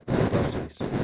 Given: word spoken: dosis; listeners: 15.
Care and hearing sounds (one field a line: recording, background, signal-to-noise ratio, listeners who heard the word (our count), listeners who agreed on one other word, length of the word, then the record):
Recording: one Spanish word in noise, from a listening test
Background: noise modulated by one talker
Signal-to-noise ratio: -7.8 dB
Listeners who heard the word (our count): 0 of 15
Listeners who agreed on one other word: 11 of 15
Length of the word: 0.65 s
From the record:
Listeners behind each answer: 11, 1, 1, 1, 1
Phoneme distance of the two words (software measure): 20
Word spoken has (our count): 2 syllables, 5 phonemes, stress on syllable 1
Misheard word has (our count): 2 syllables, 5 phonemes, stress on syllable 1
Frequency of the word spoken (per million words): 44.65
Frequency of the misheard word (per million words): 390.53